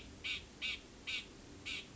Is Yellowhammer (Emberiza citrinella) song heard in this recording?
no